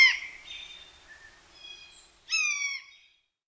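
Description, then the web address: Blue jay call: a harsh note fading out, then one nasal call that slides slightly downward. North America; listed among common western species. "Songs of Birds of North America Know Your Bird Sounds. Blue Jay"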